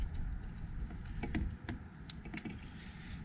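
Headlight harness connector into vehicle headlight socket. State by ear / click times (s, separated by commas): seated / 2.1 s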